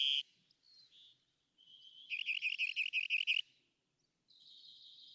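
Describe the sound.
Rock wren song: a rapid series of repeated ringing notes, preceded by short whistled and trilled phrases and followed by a steady high buzzy note.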